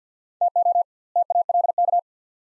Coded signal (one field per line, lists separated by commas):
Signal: Morse code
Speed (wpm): 50 wpm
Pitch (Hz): 700 Hz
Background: none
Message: TO TALK